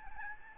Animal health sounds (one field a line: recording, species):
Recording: mosquito wingbeat signal from an infrared sensor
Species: Aedes albopictus